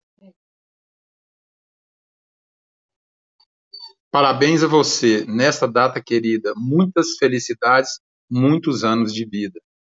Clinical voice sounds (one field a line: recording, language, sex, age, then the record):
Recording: short text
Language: Brazilian Portuguese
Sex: male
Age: 50 to 59 years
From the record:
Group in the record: control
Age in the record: 50 years